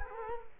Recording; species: mosquito wingbeat signal from an infrared sensor; Culex quinquefasciatus